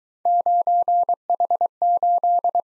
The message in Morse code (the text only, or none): 9H8